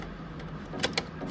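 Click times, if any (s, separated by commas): 1.0 s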